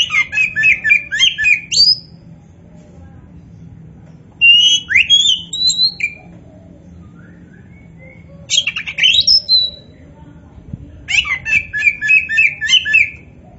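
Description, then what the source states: Oriental magpie-robin song: rich bursts of varied whistles and scratchy chattering notes in four phrases separated by pauses, over a low steady background hum. Indonesian name kacer poci; described as gacor, singing vigorously.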